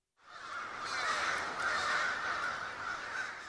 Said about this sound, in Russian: Испуганно загалдело где-то внизу вранье.